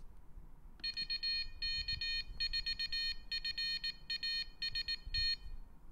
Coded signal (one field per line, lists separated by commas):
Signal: Morse code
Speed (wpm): 18 wpm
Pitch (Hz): 3050 Hz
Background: none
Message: VK4FAST